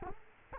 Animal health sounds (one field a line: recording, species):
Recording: mosquito wingbeat signal from an infrared sensor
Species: Culex quinquefasciatus